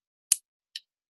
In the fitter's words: hear that click so